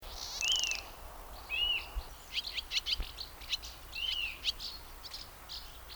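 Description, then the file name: Eurasian nuthatch calls: three clear, arched, whistled notes spaced over several seconds, among scattered sharp chirps. "Sitta europaea"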